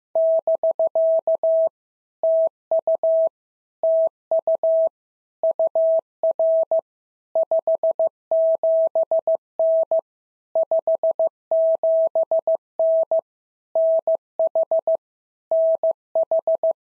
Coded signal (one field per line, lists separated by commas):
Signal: Morse code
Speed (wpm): 14 wpm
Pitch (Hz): 650 Hz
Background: none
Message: <BK> TU TU UR 57N 57N NH NH